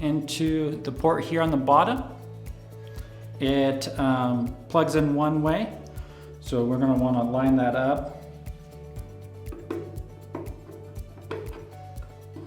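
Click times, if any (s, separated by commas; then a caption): 11.3 s. A keyed Wi-Fi dongle is lined up and pushed into the communication port on the bottom of a GoodWe 9600 A-ES hybrid solar inverter while someone talks over background music. After the talking stops, a few small clicks and taps are heard, ending in the strongest click at 11.3 s as the dongle seats fully into the port.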